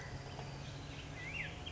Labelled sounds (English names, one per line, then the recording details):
Black-headed Grosbeak
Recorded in Sonoma County, California